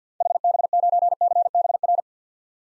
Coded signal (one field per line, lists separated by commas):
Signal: Morse code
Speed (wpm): 50 wpm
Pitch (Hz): 700 Hz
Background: none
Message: HB9CBR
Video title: 2023 SOTA Activator Call Signs - 50wpm